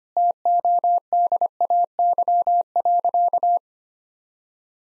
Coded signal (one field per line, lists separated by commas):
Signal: Morse code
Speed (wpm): 25 wpm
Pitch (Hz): 700 Hz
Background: none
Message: TODAY.